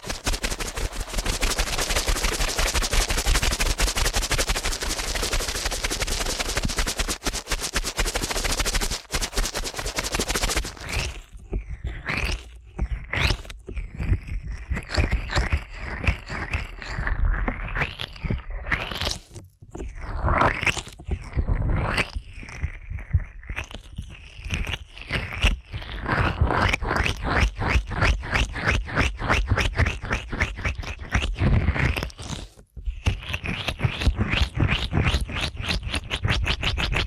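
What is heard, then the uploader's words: Rapid ear-cleaning sounds: a dense, rushing scrape for ten seconds, then fast crackling, rubbing bursts and quick rhythmic clicks with brief gaps. ASMR Ear Cleaning at Helicopter Speed.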